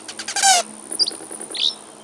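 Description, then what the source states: Rufous Hummingbird: a brief buzzy burst, then a few short high chip notes. Male in the Pacific Northwest; leaves the breeding grounds as soon as mid-June.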